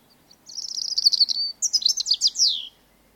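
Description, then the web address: European robin song, a fast jingling phrase of high trilled notes running into tumbling, downward-sliding twitters over a quiet background. "Sound Effects-BBC Birds Robins"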